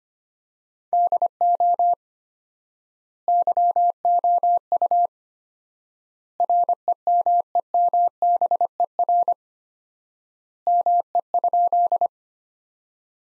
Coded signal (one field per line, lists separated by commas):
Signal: Morse code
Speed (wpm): 25 wpm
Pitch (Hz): 700 Hz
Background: none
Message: DO YOU REMEMBER ME?